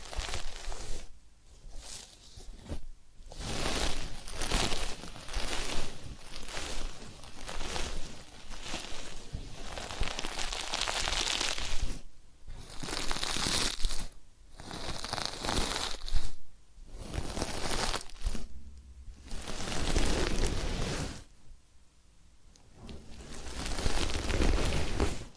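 Massage and ear-cleaning sounds: dense, crackly rustling and scratchy rubbing, like crinkling or tearing, in bursts of a few seconds. Short silent breaks interrupt it often, with a longer pause around 21 seconds before the rubbing resumes.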